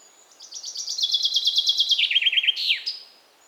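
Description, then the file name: Common chaffinch song: a fast run of bright, repeated notes dropping in steps, then ending in a quick rising-and-falling flourish, all within about two and a half seconds. "Fringilla coelebs"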